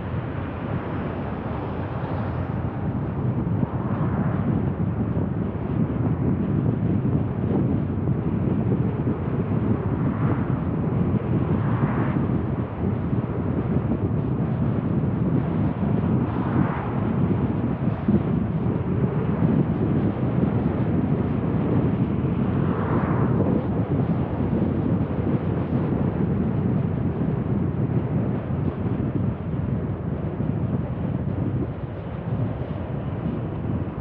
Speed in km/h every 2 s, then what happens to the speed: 36, 39, 42, 43, 43, 43, 44, 45, 46, 45, 44, 41, 37, 34, 31, 31, 31.
0-4 speeds up to 42. 4-18 steady at about 43. 18-28 slows to 31. 28-34 steady at about 31.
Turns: none.